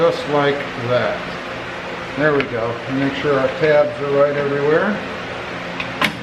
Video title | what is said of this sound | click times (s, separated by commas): Removing Tacoma LED Light Bar! | so you guys heard a click so did I that's it | 6.1 s